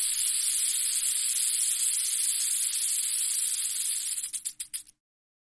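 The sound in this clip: Rattlesnake rattling, a continuous dry hissing buzz that breaks into a handful of separate clicks before stopping into silence.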